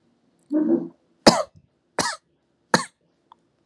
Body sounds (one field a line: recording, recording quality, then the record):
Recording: shallow voluntary cough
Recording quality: excellent, no background noise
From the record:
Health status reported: healthy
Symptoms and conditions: breathing difficulty, diabetes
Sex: male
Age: 52 years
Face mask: not worn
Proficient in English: yes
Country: India